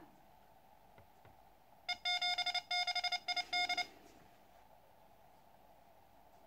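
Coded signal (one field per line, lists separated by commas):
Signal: Morse code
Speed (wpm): 27 wpm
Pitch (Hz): 720 Hz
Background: none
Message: E76ID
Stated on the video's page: Morse from first QSOs on a freshly built and aligned QCX Mini transceiver.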